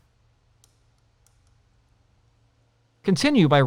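Two fasteners on the mirror perch and clutch lever clamp of an Indian FTR 1200 motorcycle handlebar are torqued to specification during a Rally Collection installation. Two sharp torque wrench clicks ring out at 0.6 s and 1.3 s over a faint low hum. Someone then starts talking at about 3.0 s.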